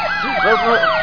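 Sirens of the fire brigade arriving at the burning Embaixada de Patos after several explosions wail in loud, overlapping tones, each pitch sweeping quickly up and down in repeated arcs over a steady rumble of traffic, with no voices.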